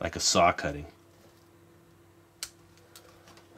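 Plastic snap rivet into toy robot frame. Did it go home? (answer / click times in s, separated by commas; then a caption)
yes / 2.4 s. Someone talks briefly, then a plastic snap rivet is pushed into a toy robot frame and snaps in with one loud, sharp click at 2.4 s, followed by a few faint ticks. The rivet is seated.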